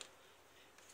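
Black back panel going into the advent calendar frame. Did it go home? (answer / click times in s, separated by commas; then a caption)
no / none. The black back part of an advent calendar is fitted behind the white front part. There is a short sharp tick at the start and a softer rise near 0.8 s over a faint steady hiss, but the back part has not clicked into place.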